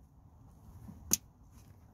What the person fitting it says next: Hear the click. There we go, friends. That's the harness connector nicely secured.